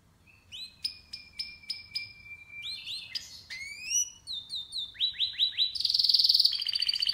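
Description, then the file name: Canary song beginning with spaced sharp chirps and a long thin whistle, then sliding notes, a few rising whistles and a final loud buzzy trill. "Canary Voice"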